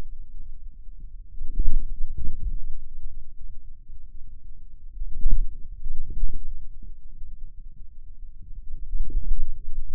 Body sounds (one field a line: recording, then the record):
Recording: forearm muscle sounds (acoustic myography)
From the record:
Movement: inward rotation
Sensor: system 2, bracelet of six BSWA MPA416 microphones around the upper forearm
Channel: 5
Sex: male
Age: 22 years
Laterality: right